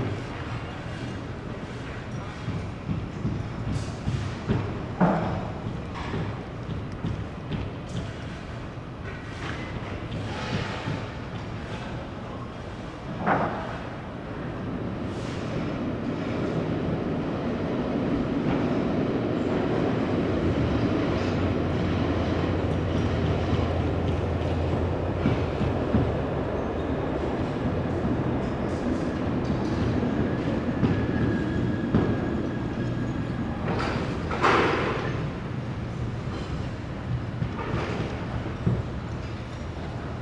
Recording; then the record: background sound without coughing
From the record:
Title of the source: 30 MINUTES Construction Site Ambience (CC BY 4.0)